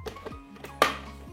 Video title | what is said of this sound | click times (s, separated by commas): JE TESTE UN NOUVEAU ROBOT DE CUISINE FIMEI VRAIMENT GENIAL ! Un complément PARFAIT du COMPACT COOK | pour mettre le jus de fruit c'est pareil vous tournez ça voyez faut que ça rentre dedans claac | 0.8 s